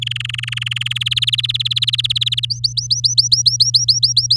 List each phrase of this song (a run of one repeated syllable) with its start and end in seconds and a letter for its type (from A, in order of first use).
0.02-0.93 A, 0.95-2.46 B, 2.50-4.36 C